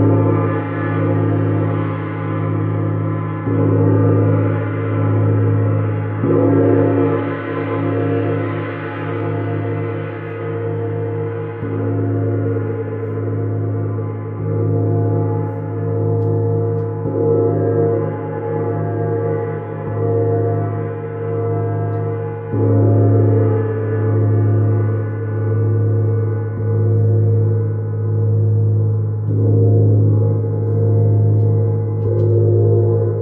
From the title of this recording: Shamanic Drum and Neptune Gong